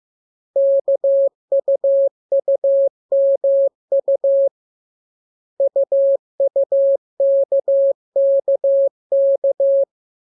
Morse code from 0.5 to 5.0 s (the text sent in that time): KUUMU